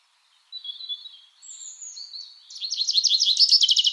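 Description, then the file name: Common chaffinch song, thin whistled notes leading into a loud, fast trill of repeated sharp notes that fills the final second and a half. "Fringilla coelebs"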